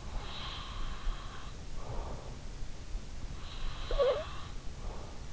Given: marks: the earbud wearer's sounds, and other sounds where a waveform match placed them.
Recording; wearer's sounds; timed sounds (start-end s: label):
sounds in sleep by an in-ear microphone; breath, snoring breath
0.09-2.49 s: breath
3.00-4.94 s: snoring breath